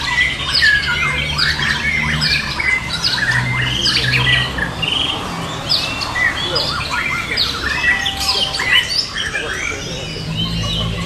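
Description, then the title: Birds singing in a dense chorus of overlapping chirps, squawks and warbled phrases, continuous throughout. "SuaraBurung Kicau"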